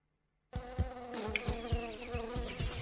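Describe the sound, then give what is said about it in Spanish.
A mosquito buzzes in a steady, whining drone that starts abruptly after a brief silence and holds on, with soft low thumps recurring irregularly underneath. “Está bien eliminar los mosquitos, pero eso no alcanza para frenar al dengue.”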